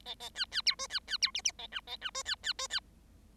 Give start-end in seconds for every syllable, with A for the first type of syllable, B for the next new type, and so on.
0.05-0.15 A, 0.20-0.29 A, 0.35-0.45 B, 0.51-0.62 B, 0.66-0.75 C, 0.78-0.87 D, 0.90-0.99 B, 1.07-1.17 B, 1.22-1.31 C, 1.34-1.42 E, 1.44-1.52 E, 1.58-1.67 A, 1.72-1.80 F, 1.87-1.96 A, 2.01-2.10 F, 2.14-2.23 D, 2.25-2.35 B, 2.43-2.53 B, 2.58-2.67 D, 2.69-2.80 B